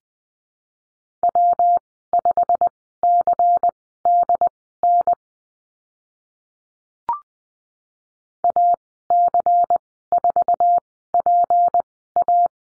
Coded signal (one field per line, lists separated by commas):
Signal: Morse code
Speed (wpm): 20 wpm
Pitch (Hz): 700 Hz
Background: none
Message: W5CDN AC4PA